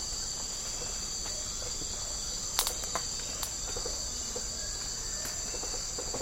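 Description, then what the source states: Rainforest insects chorus as a continuous high ringing buzz, with a few sharp cracks. Tropical rainforest habitat.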